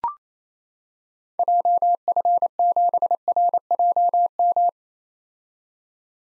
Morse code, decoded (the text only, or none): JF7RJM